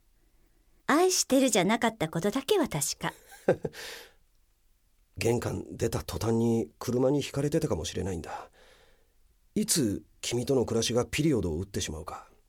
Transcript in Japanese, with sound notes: 「愛してる」じゃなかったことだけは確か。 （乾いた笑い）
玄関出た途端に車にひかれてたかもしれないんだ…いつ、君との暮らしが、ピリオドを打ってしまうか…